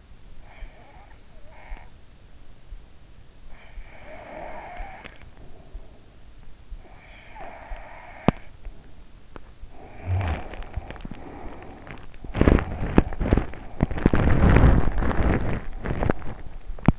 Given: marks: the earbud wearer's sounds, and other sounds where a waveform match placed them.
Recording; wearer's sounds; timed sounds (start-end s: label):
sounds in sleep by an in-ear microphone; breath, teeth grinding
0.24-2.24 s: breath
3.45-5.91 s: breath
6.99-9.17 s: breath
9.79-16.99 s: teeth grinding